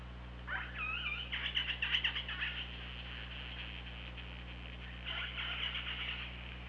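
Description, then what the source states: Killer whale pulsed calls, buzzy rapid pulses in two bursts with a pause between, steady low hum underneath. Recorded by OrcaLab hydrophone on 24 August 2017 at 15:21.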